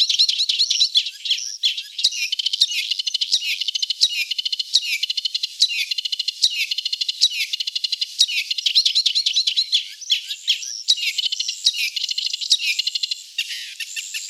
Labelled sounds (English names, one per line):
Thick-billed Warbler song